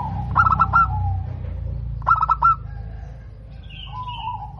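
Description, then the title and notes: Zebra dove cooing: two bursts of quick stuttered notes, each trailed by a lower coo; a faint higher call follows, over a low rumbling background. Local-strain zebra dove singing frequently and actively, its voice described as crystal-clear and loud. "PERKUTUT LOKAL GACOR Suara KRISTAL LANTANG. Kicau Burung Perkutut"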